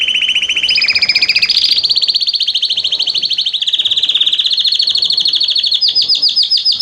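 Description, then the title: Canary singing continuous rapid trills, stepping between lower and higher rolling tours, ending with quick downward-sweeping chirps. Male singing a lot; used to warm up a young bird. "Esquente Seu Filhote E Canario Belga Macho Cantando Muito"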